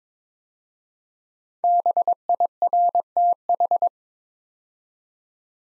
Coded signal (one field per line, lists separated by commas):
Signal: Morse code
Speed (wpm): 22 wpm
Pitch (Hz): 700 Hz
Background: none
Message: BIRTH